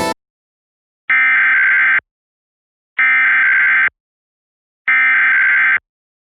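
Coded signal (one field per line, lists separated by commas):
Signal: Emergency Alert System (SAME) tones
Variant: header bursts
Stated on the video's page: Real Pennsylvania statewide Required Monthly Test, received from FM radio, cable box, streaming on PC, an EAS relay and TV stations.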